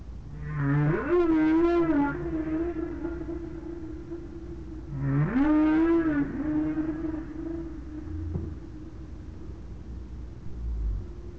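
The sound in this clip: Whale moans, two rising harmonic upsweeps that each level off into a long steady tone, the second beginning about four seconds after the first, with a low constant hum underneath.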